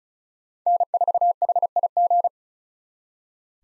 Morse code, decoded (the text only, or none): N4HIG